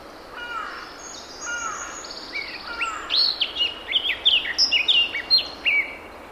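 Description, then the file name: Eurasian blackcap song opening with quiet chattering warble, then breaking into a loud series of rich, fluty whistled phrases that leap up and down. "Sylvia atricapilla"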